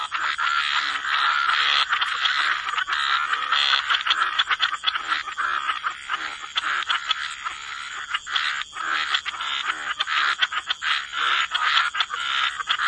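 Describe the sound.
Frogs in a dense chorus, fast raspy croaks crowding together almost without pause, over a steady high-pitched hiss.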